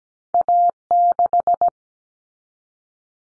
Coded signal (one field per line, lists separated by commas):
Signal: Morse code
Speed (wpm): 17 wpm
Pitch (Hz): 700 Hz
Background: none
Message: A6